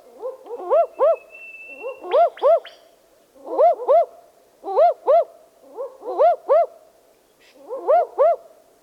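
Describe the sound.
Barking owl giving paired, dog-like 'wook-wook' barks, a double note repeated roughly every one to one and a half seconds, with overlapping barks from a second voice.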